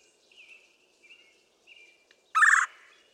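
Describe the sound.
Red-bellied woodpecker: one harsh, buzzy rolling churr lasting under half a second, preceded by a few faint whistled notes.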